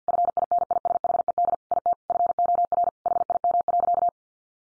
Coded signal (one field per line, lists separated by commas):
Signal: Morse code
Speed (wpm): 49 wpm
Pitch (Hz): 700 Hz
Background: none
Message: FINISHED IT FOR HIM.